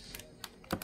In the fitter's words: You want to click.